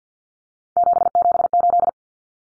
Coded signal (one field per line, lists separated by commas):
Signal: Morse code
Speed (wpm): 50 wpm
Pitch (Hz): 700 Hz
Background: none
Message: 778